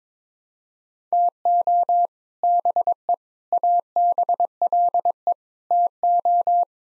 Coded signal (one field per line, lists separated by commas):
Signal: Morse code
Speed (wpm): 22 wpm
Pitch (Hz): 700 Hz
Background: none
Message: TO BE ABLE TO